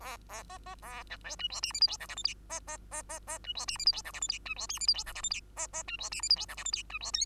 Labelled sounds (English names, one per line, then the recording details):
Bengalese Finch song
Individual Bird2